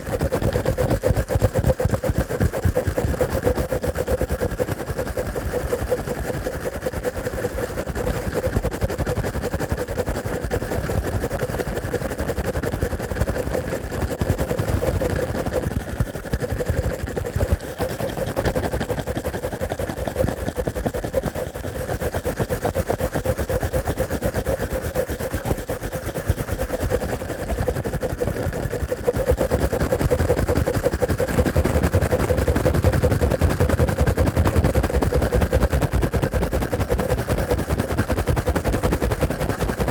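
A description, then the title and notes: Fast, vigorous ear cleaning sounds, muffled: a dense, continuous rubbing and scratching with rapid strokes that never pause. The texture is mostly low and rumbly with a steady hum-like tone underneath, growing slightly louder and heavier after about thirty seconds. ASMR Strong Fast Ear Cleaning Collection (No Talking).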